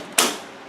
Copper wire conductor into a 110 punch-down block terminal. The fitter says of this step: hear that click you know that it's worked